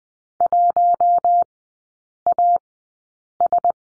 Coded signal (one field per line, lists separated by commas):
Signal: Morse code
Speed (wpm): 20 wpm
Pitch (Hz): 700 Hz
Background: none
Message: 1AS